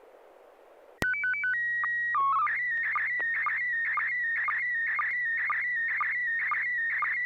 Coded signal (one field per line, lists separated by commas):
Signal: SSTV (slow-scan television)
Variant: PD 120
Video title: N6NA SSTV Net - 12/17/2025